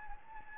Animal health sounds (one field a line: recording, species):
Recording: mosquito wingbeat signal from an infrared sensor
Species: Anopheles gambiae